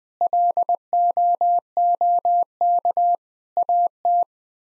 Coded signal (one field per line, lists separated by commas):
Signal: Morse code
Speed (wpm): 20 wpm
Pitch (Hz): 700 Hz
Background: none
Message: LOOK AT